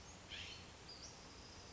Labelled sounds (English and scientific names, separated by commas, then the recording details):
Western Flycatcher (Empidonax difficilis)
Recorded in Sonoma County, California